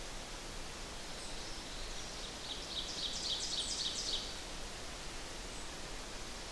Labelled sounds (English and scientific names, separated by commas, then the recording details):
Ovenbird (Seiurus aurocapilla) song
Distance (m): 40 m
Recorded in boreal forest in Alberta, Canada, on 8 June 2016 at 06:34
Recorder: SongMeter 3, array SBT-3-9
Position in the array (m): 47 m, 103 m
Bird 33